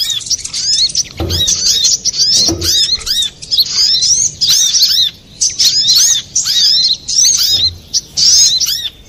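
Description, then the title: Little spiderhunter singing quick strings of thin, high, curved chirps in steady bursts with short silences, plus a few low thumps. Master recording for training cage birds. "Masteran Burung Sogok Ontong Labaik"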